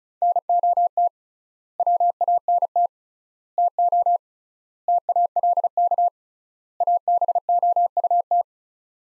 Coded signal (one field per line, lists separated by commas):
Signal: Morse code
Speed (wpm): 36 wpm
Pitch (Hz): 700 Hz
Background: none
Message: NOT WANT TO TALK ABOUT